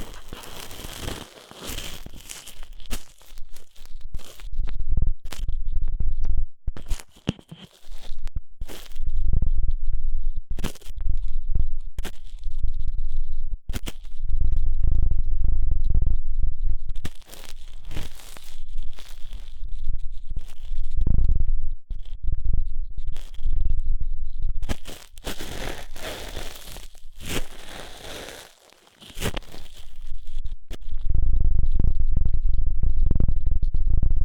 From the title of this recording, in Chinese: 3D颅内直升机 穿过大脑的强力掏耳